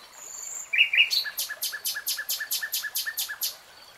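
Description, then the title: Nightingale song: two sharp opening notes, then a steady run of about a dozen loud, evenly spaced chopping notes. Nightingale singing in real time. "[Tiếng chim hót] REALTIME Nightingale Singing"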